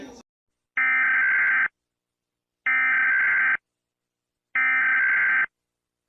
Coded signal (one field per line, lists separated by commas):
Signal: Emergency Alert System (SAME) tones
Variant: header bursts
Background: speech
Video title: EAS: Tornado Warning (1/12/2025) (FANMADE/FAKE)